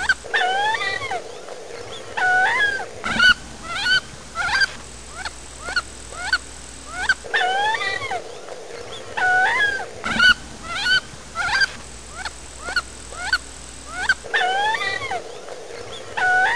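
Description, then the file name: Duck calls in repeated bursts of nasal, bending notes, the same sequence looping roughly every seven seconds over a faint background hum. "Woos Duck"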